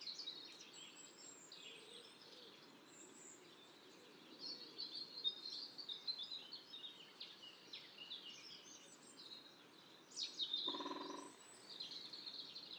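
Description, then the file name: European green woodpecker giving a light, quick drum roll near the end, a short run of rapid taps, amid continuous high chirping and trilling from other birds. Light drumming. "PIC VERT TAMBOURINAGE LEGER"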